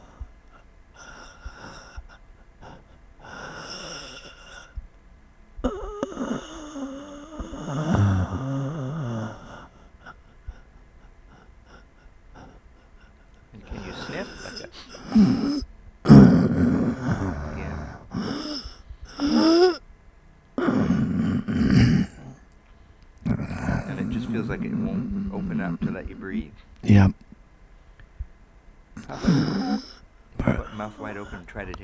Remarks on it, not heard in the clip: Respiratory dystonia. Put mouth wide open and try to take. Once you're asleep, you breathe fine. But if you wake up, then you struggle, and it's hard to go back to sleep because you're struggling to breathe.